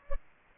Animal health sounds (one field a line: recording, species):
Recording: mosquito wingbeat signal from an infrared sensor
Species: Aedes aegypti